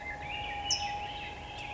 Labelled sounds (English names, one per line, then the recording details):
Black-headed Grosbeak
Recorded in Sonoma County, California